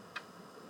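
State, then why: Seated. A flat plastic clip piece is laid over a hole in the frame of a Canon Pro 2000/4000 large-format printer and pressed until it locks in place, during a cutter blade replacement to fix error EC15-2E23. A single short, sharp click sounds at 0.2 s over a low, steady background hiss. The clip is seated.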